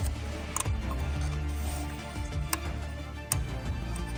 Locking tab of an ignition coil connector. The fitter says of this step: you'll feel feel it click